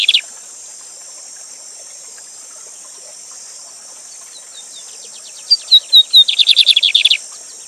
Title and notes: Bigode Gavião Negro Professor De Canto Cantando Ao Vivo Com Cascata. Bigodinho